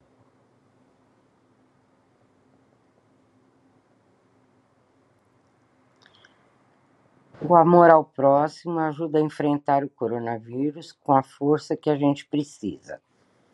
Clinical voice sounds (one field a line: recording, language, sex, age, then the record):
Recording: spoken sentence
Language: Brazilian Portuguese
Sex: female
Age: 60 to 69 years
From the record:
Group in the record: control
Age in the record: 69 years